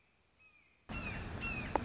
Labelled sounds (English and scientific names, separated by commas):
Red-shouldered Hawk (Buteo lineatus)